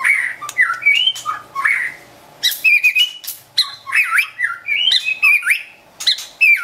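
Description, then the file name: White-rumped shama song of loud whistled and slurred phrases with sharp clicks, pausing briefly midway before resuming vigorously. Wild bird from forest near Medan, singing actively (gacor). "suara burung murai batu hutan medan gacor"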